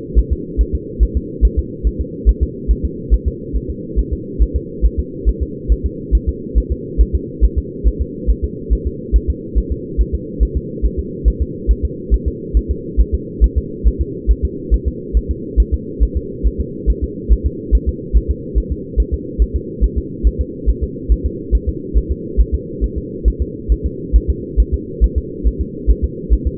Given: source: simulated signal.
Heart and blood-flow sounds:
fetal heart sounds
0.19 s: S1
0.32 s: S2
0.61 s: S1
0.75 s: S2
1.03 s: S1
1.17 s: S2
1.45 s: S1
1.59 s: S2
1.87 s: S1
2.01 s: S2
2.29 s: S1
2.43 s: S2
2.71 s: S1
2.85 s: S2
3.14 s: S1
3.28 s: S2
3.56 s: S1
3.70 s: S2
3.99 s: S1
4.13 s: S2
4.42 s: S1
4.56 s: S2
4.85 s: S1
4.99 s: S2
5.29 s: S1
5.43 s: S2
5.72 s: S1
5.86 s: S2
6.15 s: S1
6.29 s: S2
6.58 s: S1
6.72 s: S2
7.01 s: S1
7.15 s: S2
7.44 s: S1
7.58 s: S2
7.88 s: S1
8.01 s: S2
8.30 s: S1
8.44 s: S2
8.73 s: S1
8.87 s: S2
9.16 s: S1
9.30 s: S2
9.58 s: S1
9.72 s: S2
10.01 s: S1
10.15 s: S2
10.43 s: S1
10.57 s: S2
10.85 s: S1
10.99 s: S2
11.28 s: S1
11.42 s: S2
11.71 s: S1
11.85 s: S2
12.14 s: S1
12.28 s: S2
12.57 s: S1
12.71 s: S2
13.00 s: S1
13.14 s: S2
13.44 s: S1
13.58 s: S2
13.87 s: S1
14.01 s: S2
14.31 s: S1
14.45 s: S2
14.74 s: S1
14.88 s: S2
15.17 s: S1
15.31 s: S2
15.60 s: S1
15.74 s: S2
16.03 s: S1
16.17 s: S2
16.47 s: S1
16.60 s: S2
16.90 s: S1
17.04 s: S2
17.32 s: S1
17.46 s: S2
17.75 s: S1
17.89 s: S2
18.17 s: S1
18.30 s: S2
18.58 s: S1
18.72 s: S2
19.00 s: S1
19.14 s: S2
19.42 s: S1
19.56 s: S2
19.84 s: S1
19.98 s: S2
20.27 s: S1
20.41 s: S2
20.69 s: S1
20.83 s: S2
21.12 s: S1
21.26 s: S2
21.55 s: S1
21.69 s: S2
21.97 s: S1
22.11 s: S2
22.41 s: S1
22.54 s: S2
22.84 s: S1
22.98 s: S2
23.28 s: S1
23.42 s: S2
23.72 s: S1
23.86 s: S2
24.16 s: S1
24.30 s: S2
24.60 s: S1
24.74 s: S2
25.04 s: S1
25.18 s: S2
25.47 s: S1
25.61 s: S2
25.90 s: S1
26.04 s: S2
26.33 s: S1
26.47 s: S2
From the record:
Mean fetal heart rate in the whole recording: 140 bpm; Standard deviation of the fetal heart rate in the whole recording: 2 bpm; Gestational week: 34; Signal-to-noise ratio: -4.1 dB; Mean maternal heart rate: no maternal heart sound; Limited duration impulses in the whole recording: absent

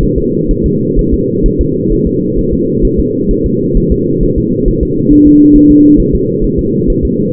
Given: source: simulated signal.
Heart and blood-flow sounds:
fetal heart sounds
0.03 s: S1
0.18 s: S2
0.51 s: S1
0.66 s: S2
0.99 s: S1
1.14 s: S2
1.46 s: S1
1.61 s: S2
1.93 s: S1
2.07 s: S2
2.39 s: S1
2.53 s: S2
2.85 s: S1
3.00 s: S2
3.31 s: S1
3.46 s: S2
3.77 s: S1
3.92 s: S2
4.23 s: S1
4.38 s: S2
4.68 s: S1
4.83 s: S2
5.12 s: S1
5.27 s: S2
5.56 s: S1
5.71 s: S2
6.00 s: S1
6.15 s: S2
6.44 s: S1
6.59 s: S2
6.90 s: S1
7.05 s: S2
From the record:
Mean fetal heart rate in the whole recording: 130 bpm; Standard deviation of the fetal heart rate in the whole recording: 4 bpm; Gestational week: 38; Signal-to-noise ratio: -11.2 dB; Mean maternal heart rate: 72 bpm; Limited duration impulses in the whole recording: present

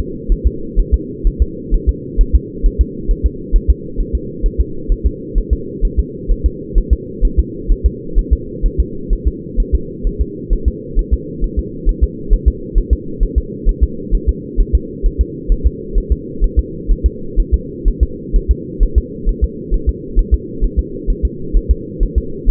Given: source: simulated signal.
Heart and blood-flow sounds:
fetal heart sounds
0.32 s: S1
0.47 s: S2
0.79 s: S1
0.94 s: S2
1.27 s: S1
1.42 s: S2
1.74 s: S1
1.89 s: S2
2.21 s: S1
2.36 s: S2
2.66 s: S1
2.81 s: S2
3.11 s: S1
3.26 s: S2
3.56 s: S1
3.70 s: S2
4.00 s: S1
4.15 s: S2
4.46 s: S1
4.61 s: S2
4.92 s: S1
5.06 s: S2
5.38 s: S1
5.53 s: S2
5.85 s: S1
6.00 s: S2
6.31 s: S1
6.46 s: S2
6.78 s: S1
6.93 s: S2
7.25 s: S1
7.40 s: S2
7.72 s: S1
7.86 s: S2
8.19 s: S1
8.33 s: S2
8.66 s: S1
8.80 s: S2
9.13 s: S1
9.28 s: S2
9.60 s: S1
9.75 s: S2
10.07 s: S1
10.21 s: S2
10.53 s: S1
10.68 s: S2
10.99 s: S1
11.14 s: S2
11.44 s: S1
11.59 s: S2
11.89 s: S1
12.04 s: S2
12.33 s: S1
12.48 s: S2
12.78 s: S1
12.93 s: S2
13.23 s: S1
13.38 s: S2
13.69 s: S1
13.84 s: S2
14.15 s: S1
14.29 s: S2
14.61 s: S1
14.75 s: S2
15.06 s: S1
15.21 s: S2
15.52 s: S1
15.67 s: S2
15.98 s: S1
16.12 s: S2
16.44 s: S1
16.59 s: S2
16.91 s: S1
17.06 s: S2
17.40 s: S1
17.54 s: S2
17.88 s: S1
18.03 s: S2
18.36 s: S1
18.51 s: S2
18.83 s: S1
18.98 s: S2
19.29 s: S1
19.44 s: S2
19.74 s: S1
19.89 s: S2
20.19 s: S1
20.34 s: S2
20.64 s: S1
20.79 s: S2
21.10 s: S1
21.25 s: S2
21.57 s: S1
21.71 s: S2
22.03 s: S1
22.18 s: S2
22.50 s: S1
From the record:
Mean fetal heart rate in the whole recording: 130 bpm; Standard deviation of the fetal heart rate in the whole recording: 4 bpm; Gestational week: 38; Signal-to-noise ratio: -4.3 dB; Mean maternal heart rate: 72 bpm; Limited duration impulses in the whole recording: absent

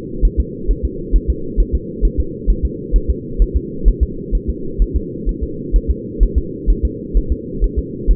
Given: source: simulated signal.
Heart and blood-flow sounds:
fetal heart sounds
0.25 s: S1
0.40 s: S2
0.71 s: S1
0.85 s: S2
1.16 s: S1
1.30 s: S2
1.60 s: S1
1.75 s: S2
2.05 s: S1
2.20 s: S2
2.50 s: S1
2.65 s: S2
2.96 s: S1
3.10 s: S2
3.42 s: S1
3.56 s: S2
3.88 s: S1
4.03 s: S2
4.35 s: S1
4.50 s: S2
4.82 s: S1
4.96 s: S2
5.29 s: S1
5.43 s: S2
5.76 s: S1
5.91 s: S2
6.23 s: S1
6.38 s: S2
6.70 s: S1
6.85 s: S2
7.17 s: S1
7.32 s: S2
7.64 s: S1
7.79 s: S2
8.11 s: S1
From the record:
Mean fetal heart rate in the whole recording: 130 bpm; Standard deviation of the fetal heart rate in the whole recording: 2 bpm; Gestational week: 36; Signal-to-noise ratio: -4.3 dB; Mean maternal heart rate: 72 bpm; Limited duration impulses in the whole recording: absent

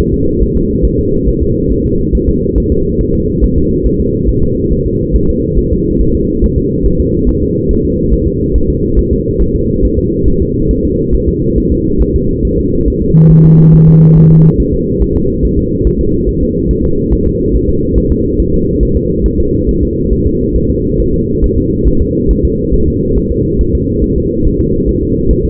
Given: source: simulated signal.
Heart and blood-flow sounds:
fetal heart sounds
0.14 s: S2
0.42 s: S1
0.56 s: S2
0.85 s: S1
0.99 s: S2
1.28 s: S1
1.42 s: S2
1.72 s: S1
1.86 s: S2
2.15 s: S1
2.29 s: S2
2.58 s: S1
2.72 s: S2
3.01 s: S1
3.15 s: S2
3.44 s: S1
3.58 s: S2
3.86 s: S1
4.00 s: S2
4.29 s: S1
4.43 s: S2
4.72 s: S1
4.86 s: S2
5.16 s: S1
5.30 s: S2
5.58 s: S1
5.73 s: S2
6.01 s: S1
6.15 s: S2
6.44 s: S1
6.58 s: S2
6.86 s: S1
7.00 s: S2
7.29 s: S1
7.43 s: S2
7.71 s: S1
7.85 s: S2
8.13 s: S1
8.27 s: S2
8.56 s: S1
8.70 s: S2
8.99 s: S1
9.13 s: S2
9.42 s: S1
9.56 s: S2
9.85 s: S1
9.99 s: S2
10.28 s: S1
10.42 s: S2
10.71 s: S1
10.85 s: S2
11.14 s: S1
11.29 s: S2
11.58 s: S1
11.72 s: S2
12.02 s: S1
12.16 s: S2
12.45 s: S1
12.59 s: S2
12.88 s: S1
13.02 s: S2
13.31 s: S1
13.45 s: S2
13.74 s: S1
13.88 s: S2
14.17 s: S1
14.31 s: S2
14.60 s: S1
14.74 s: S2
15.02 s: S1
15.16 s: S2
15.45 s: S1
15.59 s: S2
15.87 s: S1
16.01 s: S2
16.29 s: S1
16.43 s: S2
16.71 s: S1
16.85 s: S2
17.13 s: S1
17.27 s: S2
17.55 s: S1
17.69 s: S2
17.98 s: S1
18.12 s: S2
18.40 s: S1
18.54 s: S2
18.83 s: S1
18.97 s: S2
19.26 s: S1
19.40 s: S2
19.69 s: S1
19.83 s: S2
20.13 s: S1
20.27 s: S2
20.56 s: S1
20.70 s: S2
21.00 s: S1
21.14 s: S2
21.44 s: S1
21.58 s: S2
21.88 s: S1
22.02 s: S2
22.31 s: S1
22.45 s: S2
22.74 s: S1
22.88 s: S2
23.18 s: S1
23.32 s: S2
23.61 s: S1
23.75 s: S2
24.04 s: S1
24.18 s: S2
24.47 s: S1
24.61 s: S2
24.89 s: S1
25.03 s: S2
25.31 s: S1
25.45 s: S2
From the record:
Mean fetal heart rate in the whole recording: 140 bpm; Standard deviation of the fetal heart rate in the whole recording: 2 bpm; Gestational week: 34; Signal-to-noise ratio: -15.3 dB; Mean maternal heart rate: 72 bpm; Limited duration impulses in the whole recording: present

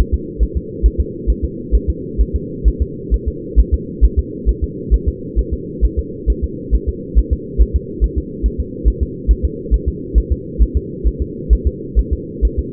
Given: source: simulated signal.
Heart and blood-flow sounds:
fetal heart sounds
0.14 s: S2
0.43 s: S1
0.57 s: S2
0.86 s: S1
1.00 s: S2
1.30 s: S1
1.45 s: S2
1.75 s: S1
1.90 s: S2
2.21 s: S1
2.36 s: S2
2.68 s: S1
2.82 s: S2
3.14 s: S1
3.28 s: S2
3.60 s: S1
3.74 s: S2
4.05 s: S1
4.19 s: S2
4.49 s: S1
4.64 s: S2
4.94 s: S1
5.08 s: S2
5.39 s: S1
5.53 s: S2
5.85 s: S1
5.99 s: S2
6.30 s: S1
6.44 s: S2
6.75 s: S1
6.89 s: S2
7.19 s: S1
7.33 s: S2
7.62 s: S1
7.76 s: S2
8.04 s: S1
8.18 s: S2
8.46 s: S1
8.60 s: S2
8.88 s: S1
9.03 s: S2
9.31 s: S1
9.45 s: S2
9.74 s: S1
9.88 s: S2
10.18 s: S1
10.32 s: S2
10.62 s: S1
10.77 s: S2
11.07 s: S1
11.22 s: S2
11.53 s: S1
11.67 s: S2
11.99 s: S1
12.13 s: S2
12.45 s: S1
12.59 s: S2
From the record:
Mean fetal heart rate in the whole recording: 135 bpm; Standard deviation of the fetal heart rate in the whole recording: 3 bpm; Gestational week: 34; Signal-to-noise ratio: -4.1 dB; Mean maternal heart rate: no maternal heart sound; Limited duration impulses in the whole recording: absent

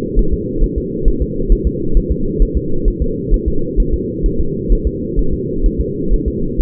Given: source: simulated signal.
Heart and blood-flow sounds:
fetal heart sounds
0.19 s: S1
0.34 s: S2
0.64 s: S1
0.78 s: S2
1.08 s: S1
1.22 s: S2
1.52 s: S1
1.67 s: S2
1.97 s: S1
2.12 s: S2
2.42 s: S1
2.57 s: S2
2.88 s: S1
3.02 s: S2
3.34 s: S1
3.48 s: S2
3.80 s: S1
3.94 s: S2
4.26 s: S1
4.41 s: S2
4.72 s: S1
4.87 s: S2
5.19 s: S1
5.34 s: S2
5.66 s: S1
5.81 s: S2
6.13 s: S1
6.28 s: S2
From the record:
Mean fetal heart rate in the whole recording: 130 bpm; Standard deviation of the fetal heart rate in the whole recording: 2 bpm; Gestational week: 38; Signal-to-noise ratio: -8.1 dB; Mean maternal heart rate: 72 bpm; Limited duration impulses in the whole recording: absent

